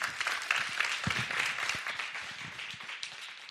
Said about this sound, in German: Also, lass uns ihr mal einen kräftigen Applaus geben.